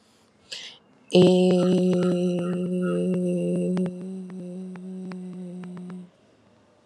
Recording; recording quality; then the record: sustained vowel as in made; excellent, no background noise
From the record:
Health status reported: healthy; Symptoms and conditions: none ticked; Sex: female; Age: 43 years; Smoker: not ticked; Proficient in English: yes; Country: India